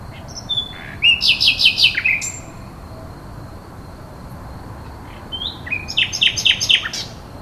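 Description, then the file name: Common nightingale singing two phrases, each a run of six or so rapid, bright repeated notes after short introductory whistles, separated by a quiet gap. "rossignol"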